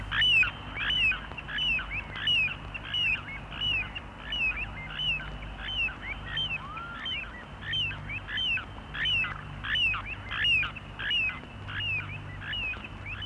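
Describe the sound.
Little ringed plover calling, a steady run of short, high, slurred notes, a little faster than one per second, with a low hum underneath.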